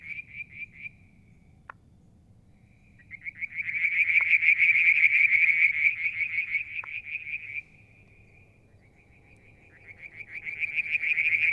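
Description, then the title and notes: Frog calls: a short trill, then quiet with a click, then a long, loud pulsed trill that tails off before a new one rises, over a low hum. One evening near the water tank at Mount Wilson, New South Wales, Australia, July 2022. "Frog song, Mount Wilson, New South Wales, Australia in July 2022 – by Alexander Moffatt. Limnodynastes Peronii, Litoria Verreauxii and a mystery frog one evening near the water tank"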